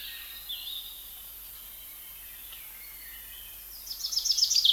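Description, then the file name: Common chaffinch song: a loud burst of quick, descending high notes arrives at the end, after faint scattered chirps over steady background hiss. "Fringilla coelebs"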